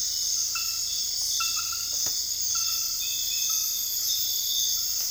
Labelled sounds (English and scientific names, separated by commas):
none